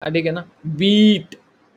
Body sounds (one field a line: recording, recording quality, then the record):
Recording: sustained vowel as in beet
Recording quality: poor, much background noise or distortion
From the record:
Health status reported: healthy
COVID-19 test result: not tested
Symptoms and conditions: cough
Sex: male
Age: 20 years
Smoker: not ticked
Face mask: not worn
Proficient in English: yes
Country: India